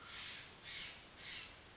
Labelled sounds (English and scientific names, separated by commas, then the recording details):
Steller's Jay (Cyanocitta stelleri)
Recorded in Sonoma County, California